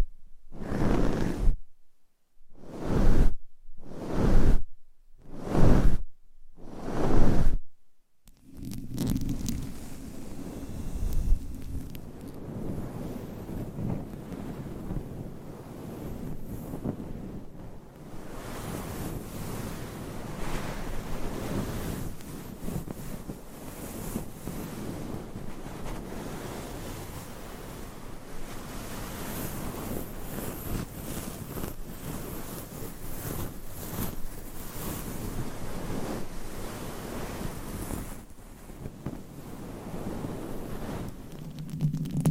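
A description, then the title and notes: Scratching starts as five or six separate strokes, each about a second long with short silences between, over the first eight seconds. Then the rubbing turns continuous, a dense, steady, rough rustle with a low rumble underneath that runs to the end. Scratching , Tapping , Massage & More No Talking.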